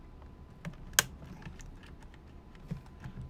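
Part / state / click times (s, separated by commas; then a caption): small part hooked onto a switch inside a laptop / not seated / none. A small part is being hooked onto a switch inside a vintage Mac laptop during reassembly, giving faint plastic ticks and light taps with one sharp tap near 1.0 s. The part fails to hook onto the switch, and nothing has seated or clicked yet.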